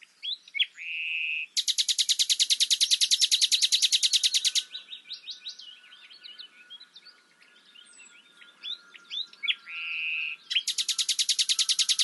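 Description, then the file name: Common nightingale singing: a pure whistled note, then a long fast rattling series, soft varied twittering, another whistle and the rattle beginning again. "Luscinia megarhynchos"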